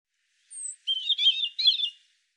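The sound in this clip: European robin singing a short phrase: a thin high whistle followed by two quick warbled, twittering bursts, with no other sounds.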